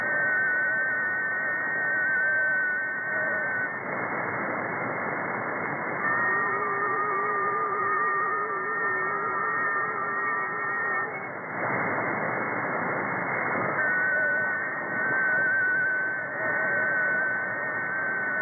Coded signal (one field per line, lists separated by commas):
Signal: FT4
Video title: 28180 kHz - FT4 Weak Signal Digital Mode